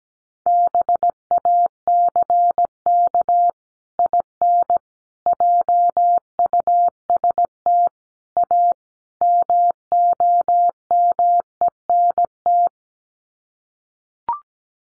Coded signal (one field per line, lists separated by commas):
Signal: Morse code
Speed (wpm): 17 wpm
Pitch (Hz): 700 Hz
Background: none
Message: BACK IN JUST A MOMENT